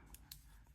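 A plastic wingtip is pushed into the wing of a Transformers Studio Series Voyager Class Skywarp action figure; it comes off for the figure to fit in its packaging. A small bright tick at 0.1 s is followed by a sharper, louder snap at 0.3 s as the wingtip seats into the wing.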